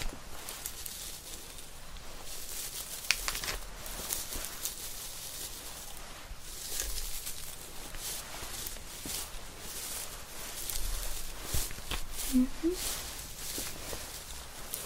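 Hair salon sounds with a steady hissing wash, scattered soft clicks and rustles throughout, a sharp tap near three seconds, and brief low tones around twelve.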